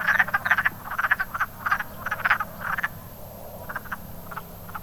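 Wood frog croaks, loud clustered clucks at first, then fading to a few scattered quieter calls.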